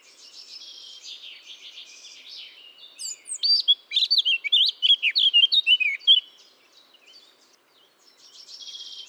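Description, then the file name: Eurasian blackcap: faint warbling, then a loud run of rich fluted whistles, followed by soft chatter again. "Sylvia atricapilla"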